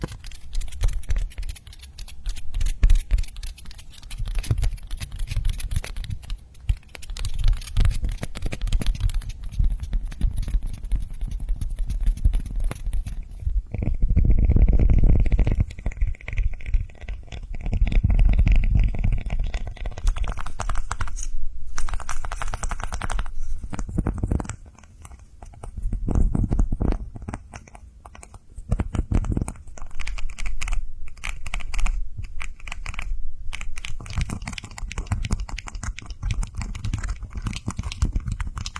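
Tapping on a slow-rising squishy toy, heard with soft, dull taps and squeezes in a steady, fairly dense pattern. A faint high hiss fades out around fourteen seconds, and the sounds grow thumpier and more muffled, with a brief quieter stretch near twenty-five seconds.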